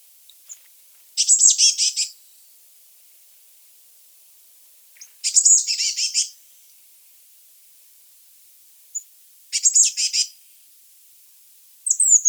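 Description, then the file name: Eurasian blue tit calls: harsh buzzy chattering bursts, with a few faint high single notes between. "Cyanistes caeruleus"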